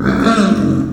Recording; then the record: squeal of a Yucatan mini pig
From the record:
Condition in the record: after surgery on the right vocal fold (resection and tissue-engineered implant); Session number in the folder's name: 7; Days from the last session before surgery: 47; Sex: female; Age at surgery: 19 weeks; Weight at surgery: 25 kg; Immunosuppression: prednisolone